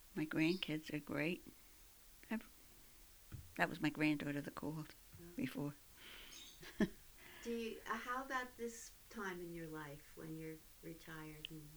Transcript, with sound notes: my grandkids are great. That was my granddaughter that called before. ( she laughs )
Do you, how about this time in your life, when you're retired?